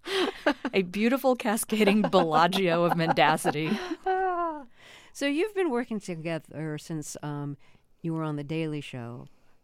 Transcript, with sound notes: A beautiful cascading Bellagio of mendacity.
(Laughter) So you've been working together since you were on "The Daily Show."